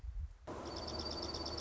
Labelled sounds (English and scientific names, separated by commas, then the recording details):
Dark-eyed Junco (Junco hyemalis)
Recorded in Sonoma County, California